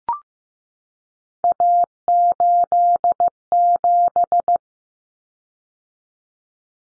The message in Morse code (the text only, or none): A87